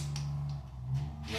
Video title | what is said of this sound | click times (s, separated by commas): Oil pan installed back on the 1987 Oldsmobile 307 engine. | Like I said, we're just pulling just till it clicks. | 0.2 s